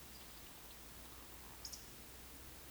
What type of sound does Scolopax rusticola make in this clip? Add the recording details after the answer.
whistle, croak. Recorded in Baden-Württemberg, Germany, on 31 May 2021 at 19:59 UTC. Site 20675, 466 m above sea level